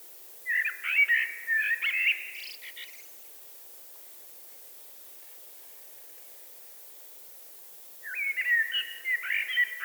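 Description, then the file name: Eurasian blackbird singing two fluty warbled phrases separated by about five seconds of quiet, the first ending in a squeaky twitter. "Turdus merula"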